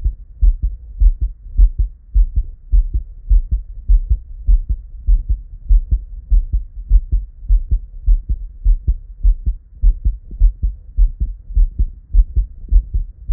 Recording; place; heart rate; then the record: heart sounds by stethoscope; Erb's point; 102 bpm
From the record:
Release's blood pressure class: normal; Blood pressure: 116/79 mmHg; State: at rest